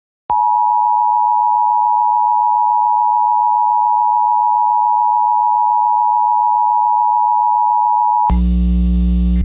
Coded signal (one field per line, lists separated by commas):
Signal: Emergency Alert System (SAME) tones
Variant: 853 and 960 Hz attention tone